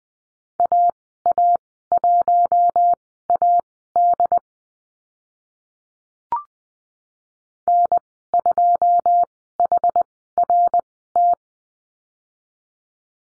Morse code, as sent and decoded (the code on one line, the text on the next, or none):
.- .- .---- .- -.. / -. ..--- .... .-. -
AA1AD N2HRT